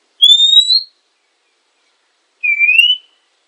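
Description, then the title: Oriental magpie-robin giving two drawn-out, upslurred whistles about two seconds apart, with nothing else audible. Female. "kacer_betina"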